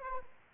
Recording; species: mosquito wingbeat signal from an infrared sensor; Anopheles arabiensis